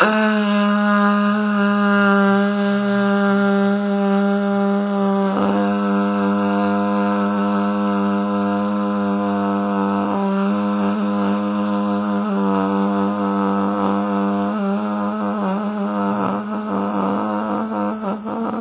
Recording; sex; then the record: sustained vowel /a/; female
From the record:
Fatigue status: fatigue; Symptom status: symptomatic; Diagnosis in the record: COVID-19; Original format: 3gp